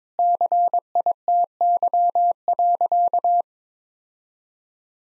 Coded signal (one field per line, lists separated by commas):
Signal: Morse code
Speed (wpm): 22 wpm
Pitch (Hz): 700 Hz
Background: none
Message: CITY.